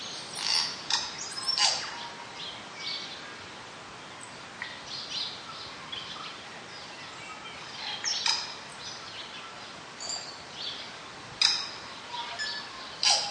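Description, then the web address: Tui song of loud clicking bursts and high whistles, repeated at irregular intervals, with softer chirps between and a steady hiss behind. Northland bush, New Zealand. "Northland-Bush-Tui"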